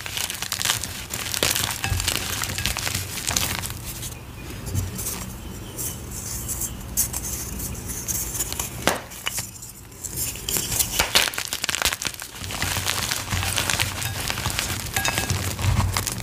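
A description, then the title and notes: Gym chalk cubes are crushed, giving dense, crackly crunching that runs almost without pause. The crunching comes in bursts with brief softer stretches around the middle, and a low, steady hum sits underneath. Fuchsia Dyed Gym Chalk Cubes Crunchy Gym Chalk Crushing Sounds. Crunchy asmr gym chalk crushing sounds.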